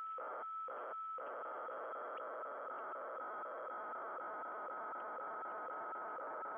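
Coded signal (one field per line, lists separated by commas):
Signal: weather fax (radiofax)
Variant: 120 lines per minute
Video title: 8503 KHZ WEFAX Using MultiPsk and Winradio Excalibur Pro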